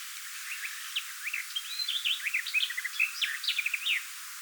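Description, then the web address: Garden warbler singing a fast, continuous, rich warble of mixed slurred notes and short twitters through most, with faint hiss behind. Sang in bushes on 17 July 2026. "17 7 2026 lehtokerttu lauloi puskikossa"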